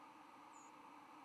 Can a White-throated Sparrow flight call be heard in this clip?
yes